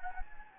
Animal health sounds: mosquito wingbeat signal from an infrared sensor; Anopheles gambiae

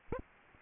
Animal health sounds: mosquito wingbeat signal from an infrared sensor; Aedes aegypti

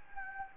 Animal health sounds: mosquito wingbeat signal from an infrared sensor; Anopheles gambiae

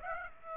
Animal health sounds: mosquito wingbeat signal from an infrared sensor; Aedes aegypti

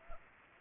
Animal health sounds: mosquito wingbeat signal from an infrared sensor; Culex pipiens

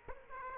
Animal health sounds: mosquito wingbeat signal from an infrared sensor; Aedes aegypti

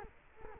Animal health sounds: mosquito wingbeat signal from an infrared sensor; Culex quinquefasciatus

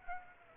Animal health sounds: mosquito wingbeat signal from an infrared sensor; Aedes aegypti

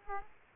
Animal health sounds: mosquito wingbeat signal from an infrared sensor; Aedes aegypti

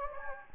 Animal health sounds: mosquito wingbeat signal from an infrared sensor; Anopheles gambiae

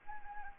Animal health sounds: mosquito wingbeat signal from an infrared sensor; Anopheles arabiensis

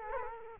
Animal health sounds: mosquito wingbeat signal from an infrared sensor; Culex quinquefasciatus

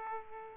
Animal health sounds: mosquito wingbeat signal from an infrared sensor; Aedes aegypti

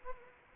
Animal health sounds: mosquito wingbeat signal from an infrared sensor; Anopheles gambiae

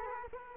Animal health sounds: mosquito wingbeat signal from an infrared sensor; Culex quinquefasciatus

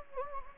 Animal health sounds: mosquito wingbeat signal from an infrared sensor; Anopheles gambiae

